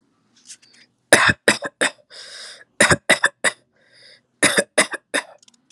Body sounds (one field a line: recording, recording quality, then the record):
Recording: shallow voluntary cough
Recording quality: excellent, no background noise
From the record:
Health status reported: exposed to COVID-19, no respiratory illness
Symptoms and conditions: cough, cold, breathing difficulty, sore throat, fever, fatigue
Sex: male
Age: 31 years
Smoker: no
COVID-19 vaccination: both doses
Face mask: not worn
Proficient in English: yes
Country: India